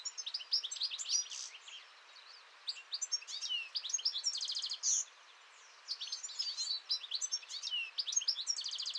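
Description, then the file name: European goldfinch singing a lively jumble of bright chirps, rapid buzzy trills and twittering phrases, broken by a brief pause midway. "Chardonneret-élègant"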